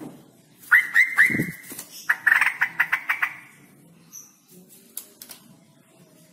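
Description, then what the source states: Straw-headed bulbul song: loud bubbling phrases opening with quick clipped notes, then a rich warbling rush. Male; loud voice, singing persistently (gacor); long 'roo-el' trills; a masteran recording for training other birds.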